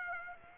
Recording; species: mosquito wingbeat signal from an infrared sensor; Aedes aegypti